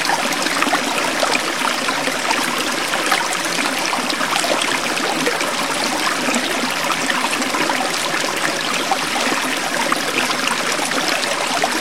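A gurgling river runs steadily throughout, a dense, unbroken wash of splashing and bubbling water with a bright, hissy top. Countless tiny droplet sounds flicker constantly within it, and the level stays even from start to finish with little low rumble.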